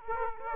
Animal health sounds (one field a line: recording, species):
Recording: mosquito wingbeat signal from an infrared sensor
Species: Aedes aegypti